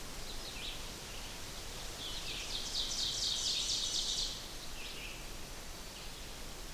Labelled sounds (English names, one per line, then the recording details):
Ovenbird song
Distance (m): 45 m
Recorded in boreal forest in Alberta, Canada, on 16 June 2016 at 08:44
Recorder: SongMeter 3, array SBT-3-32
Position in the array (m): 176 m, 37 m
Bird 36